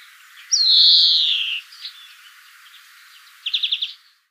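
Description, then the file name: European greenfinch with one drawn-out buzzy wheeze falling in pitch, a few soft notes, then a quick burst of five or six trilled notes near the end. "Chloris chloris"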